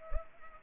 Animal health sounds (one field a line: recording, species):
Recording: mosquito wingbeat signal from an infrared sensor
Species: Culex pipiens